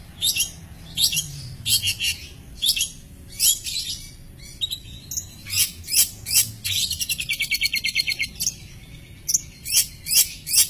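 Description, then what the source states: Long-tailed shrike song, a run of sharp high chirps and scratchy notes, broken by a quick stuttering trill and a brief whistled slide. Masteran recording used to train songbirds, presenting various kinds of chirping bird song.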